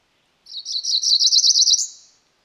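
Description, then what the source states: Cerulean warbler giving a high buzzy song: short introductory buzzes that speed into a rapid trill, ending in a rising buzz. Female.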